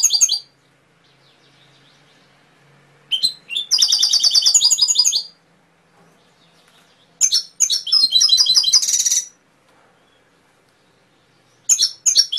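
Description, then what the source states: Canary singing in bursts of fast, rattling high trills and sharp chirps, phrases separated by short pauses. Canary song for training (masteran), full of isian phrases.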